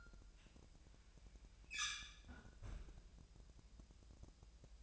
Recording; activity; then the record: daily activity, microphone in the room; close fridge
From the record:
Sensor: 2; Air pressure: 999.9 hPa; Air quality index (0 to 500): 122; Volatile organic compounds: 2 ppm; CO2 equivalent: 1050 ppm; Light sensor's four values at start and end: 32/80/34/38 and 32/80/34/38